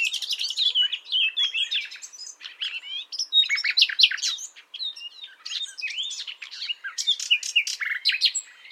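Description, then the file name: Common nightingale song of quick chirped and whistled notes, short trills and sharp clicks delivered in fast, shifting phrases. "Luscinia megarhynchos"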